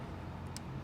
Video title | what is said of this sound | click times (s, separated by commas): Relocating your Toyota Prado 150 Reversing Camera – Fitting & Installation Guide | there you go nice click now | 0.6 s